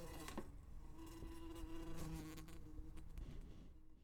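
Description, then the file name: Wasp buzzing: a low, continuous hum that drifts up and down in pitch, with a few knocks and rustles alongside. "freesound wasp buzzing around"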